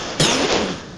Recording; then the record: coughing mixed with background sound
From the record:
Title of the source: Wet coughing